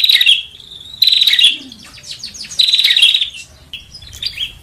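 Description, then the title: Lovebird calls: three loud, harsh chirping bursts, separated by quieter twittering and a short even whistle. Lure call for trapping lovebirds (pikat). "PIKAT BURUNG LOVEBIRD"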